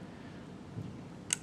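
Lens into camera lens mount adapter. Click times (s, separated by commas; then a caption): 1.3 s. A zoom lens is pushed into a camera lens mount adapter with the red dots aligned and turned clockwise, its bayonet giving a single sharp click at 1.3 s as it locks home. Before that there is only a low, steady background with a brief soft rustle around 0.8 s. The lens is seated and locked.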